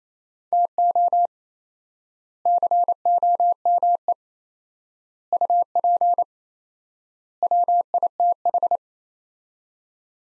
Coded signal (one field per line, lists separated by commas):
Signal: Morse code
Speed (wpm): 28 wpm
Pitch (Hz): 700 Hz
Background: none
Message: TO COME UP WITH